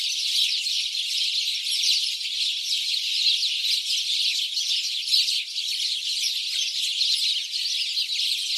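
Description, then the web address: Noisy house sparrow chorus, dense repeated chirps from many birds heard nonstop throughout. "SETE Passer domesticus"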